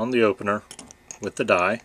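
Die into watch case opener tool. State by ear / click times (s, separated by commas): not seated / none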